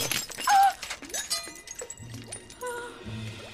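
A fake glass ruby shatters with a sharp crack, then scattered bright tinkling fragments clink and skitter for a few seconds afterward, with faint low murmurs in the background.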